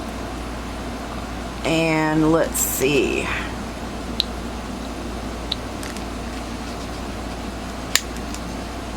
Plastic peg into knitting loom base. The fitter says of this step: Did you hear that snap? Yep, that's pretty good.